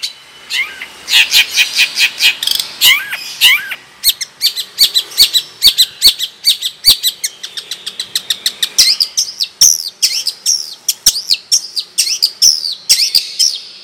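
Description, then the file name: Long-tailed shrike in a long, energetic song: dense bursts of rapid ticking notes, downslurred whistles and chattering phrases with frequent sharp clicks. Madura type of long-tailed shrike; original, natural voice. "Cendet Madura"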